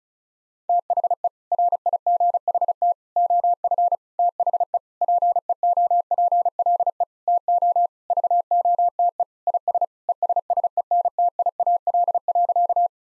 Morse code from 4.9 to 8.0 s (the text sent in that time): PEOPLE TO